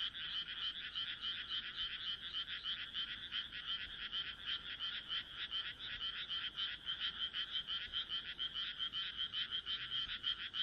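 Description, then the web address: Frogs croaking in a thick chorus, rhythmic pulses repeating rapidly and merging into a steady, grating hum. "kaeru kaeru"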